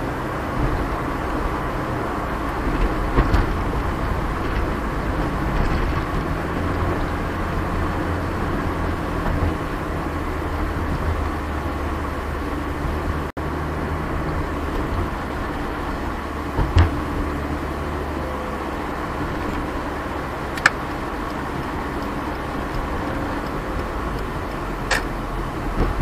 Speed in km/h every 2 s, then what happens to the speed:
62, 61, 61, 59, 59, 58, 56, 54, 52, 50, 51, 51, 47.
0-26 slows to 47.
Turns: none.